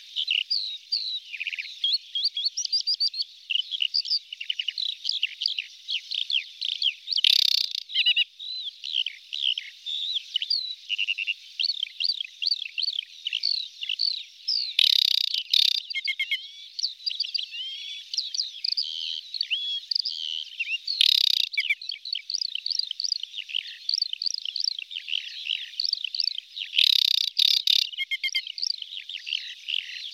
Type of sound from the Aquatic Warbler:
song